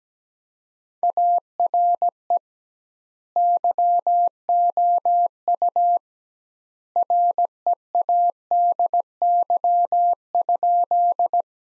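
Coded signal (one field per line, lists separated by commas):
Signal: Morse code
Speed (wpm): 17 wpm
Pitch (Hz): 700 Hz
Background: none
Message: ARE YOU READY?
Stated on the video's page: Morse sentence practice built from the top 400 words at 17 wpm, with twice the standard word spacing, similar to Farnsworth.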